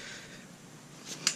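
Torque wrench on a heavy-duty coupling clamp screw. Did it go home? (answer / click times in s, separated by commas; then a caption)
yes / 1.3 s. A torque wrench (Ridgid 31410 902) is used on its torque side to tighten the 5/16 screw of a heavy-duty coupling clamp (ClampAll 99125) to 125 in-lb for a leak-free joint. Over quiet background noise, a soft rustle builds just after 1.0 s, then a single sharp click sounds at 1.3 s. The wrench clicks, confirming the clamp has reached 125 in-lb.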